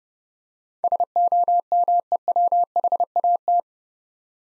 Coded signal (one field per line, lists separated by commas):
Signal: Morse code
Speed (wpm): 30 wpm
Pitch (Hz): 700 Hz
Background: none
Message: SOMEWHAT